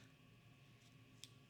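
A watch band, angled slightly down, is slid into the slot of an Apple Watch Series 8 case until it snaps into place. Over a steady low hum, a single sharp, fast-decaying click is heard at 1.2 s as the band seats.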